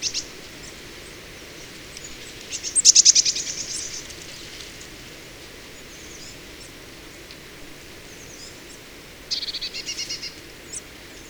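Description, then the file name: Eurasian blue tit calls: a loud burst of rapid, buzzy high notes near the start, then quiet, then a second shorter buzzy burst later on. "Cyanistes caeruleus"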